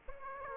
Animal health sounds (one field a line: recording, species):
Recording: mosquito wingbeat signal from an infrared sensor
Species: Aedes aegypti